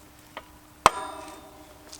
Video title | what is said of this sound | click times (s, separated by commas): How and When to Replace Your Bicycle Chain | so you heard that little pop that | 0.9 s